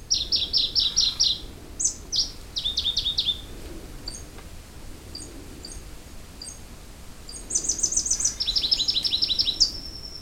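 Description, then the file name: Pallas's leaf warbler song: quick high trills and rattling note series, a quieter gap with faint single notes in the middle, then more rapid trilled phrases. "warbler-pallas-leaf 003-Phylloscopus-proregulus"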